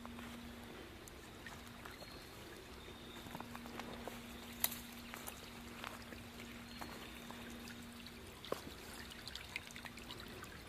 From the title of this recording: Nature Walkabout in Fall